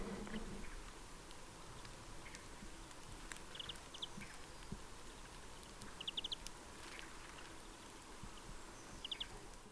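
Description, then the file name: European greenfinch calling in short rapid clusters of sharp notes, a few bursts only, with low rumbling noise throughout. "Chloris chloris"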